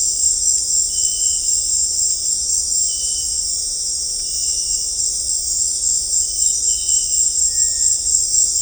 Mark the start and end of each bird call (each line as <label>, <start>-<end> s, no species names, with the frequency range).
bird call (1.6-2.0 kHz), 7.45-7.92 s